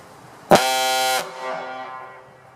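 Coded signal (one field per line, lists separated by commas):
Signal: coded fire alarm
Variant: Gamewell diaphone horn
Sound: one loud, deep, buzzy horn blast lasting under a second, then echoing decay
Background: outdoor echo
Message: 1 blast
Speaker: I put the original piston back in I got a couple more blasts maybe so let me fire it off and empty this tank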